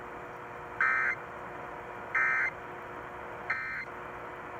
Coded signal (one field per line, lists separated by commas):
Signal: Emergency Alert System (SAME) tones